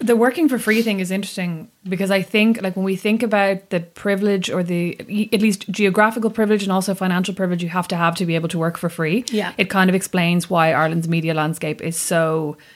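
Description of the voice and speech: A woman talks fluently at a relaxed pace in a small room, with clear, steady voicing and ordinary speech.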